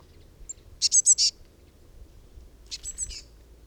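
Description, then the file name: Eurasian blue tit with two quick bursts of high, rasping chattering notes, the second softer, against a quiet low rumble. "Cyanistes caeruleus"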